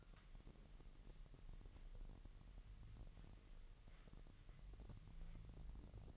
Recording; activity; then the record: daily activity, microphone in the room; wipe stove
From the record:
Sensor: 4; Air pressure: 1001.9 hPa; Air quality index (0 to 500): 248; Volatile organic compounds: 41 ppm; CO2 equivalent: 3157 ppm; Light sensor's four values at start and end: 9/20/8/7 and 9/19/7/7